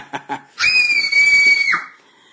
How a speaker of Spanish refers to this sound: Alejandro Deudor dice que por los efectos de sonido, los gritos de terror.